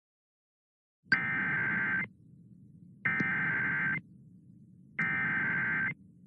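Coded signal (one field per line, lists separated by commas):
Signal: Emergency Alert System (SAME) tones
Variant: header bursts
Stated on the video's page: Fictional custom scenario, nothing real.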